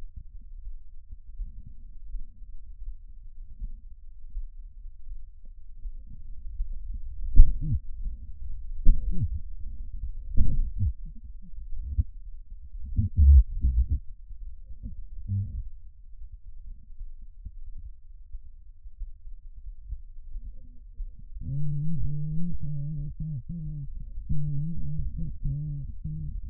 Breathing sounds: lung sounds by stethoscope; right anterior apical chest; quiet breathing, then cough and speech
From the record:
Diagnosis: COPD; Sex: female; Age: 80 years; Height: 160 cm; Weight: 62 kg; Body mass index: 24.2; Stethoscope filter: bell mode

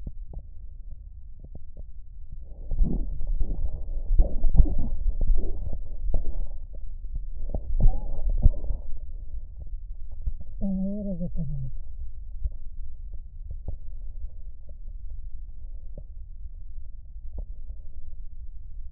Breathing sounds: lung sounds by stethoscope; right posterior basal chest; quiet breathing, then cough and speech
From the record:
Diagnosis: asthma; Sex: female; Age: 65 years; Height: 157 cm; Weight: 70.2 kg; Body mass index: 28.5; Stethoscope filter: extended mode

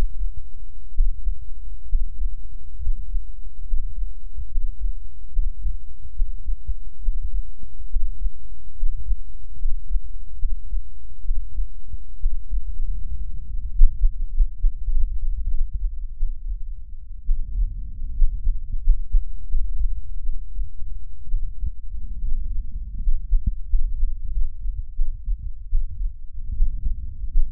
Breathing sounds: lung sounds by stethoscope; left anterior apical chest; quiet breathing, then deep breathing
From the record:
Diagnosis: none (healthy); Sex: male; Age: 30 years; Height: 190 cm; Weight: 88 kg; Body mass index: 24.4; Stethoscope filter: bell mode

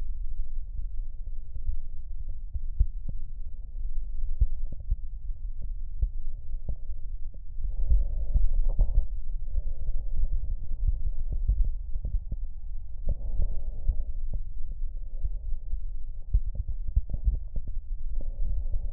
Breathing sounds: lung sounds by stethoscope; right posterior basal chest; quiet breathing, then deep breathing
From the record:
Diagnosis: COPD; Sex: female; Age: 65 years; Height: 156 cm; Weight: 63.9 kg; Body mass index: 26.3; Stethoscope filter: extended mode

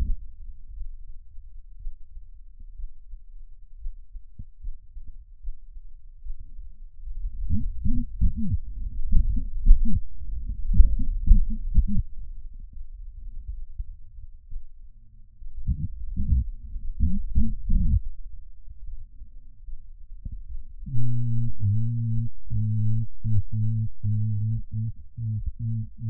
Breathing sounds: lung sounds by stethoscope; right anterior apical chest; quiet breathing, then cough and speech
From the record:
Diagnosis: pulmonary infection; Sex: male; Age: 86 years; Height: 165 cm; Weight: 65 kg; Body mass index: 23.9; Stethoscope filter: bell mode

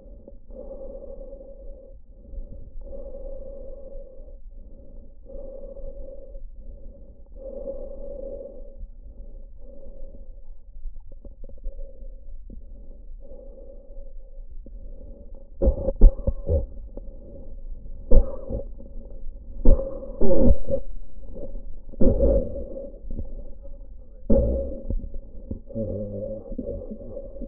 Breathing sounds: lung sounds by stethoscope; trachea; quiet breathing, then cough and speech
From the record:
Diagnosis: pulmonary infection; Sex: male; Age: 69 years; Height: 184 cm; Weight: 115 kg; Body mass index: 34.0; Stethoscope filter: diaphragm mode

